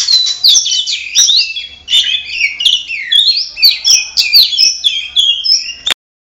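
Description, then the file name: Oriental magpie-robin song: rapid, tumbling whistles and chattering notes in a steady flow for about six seconds, then sudden silence. Simulated songbird contest audio intended for Oriental magpie-robins. "audio simulasi lomba untuk kacer omkicau"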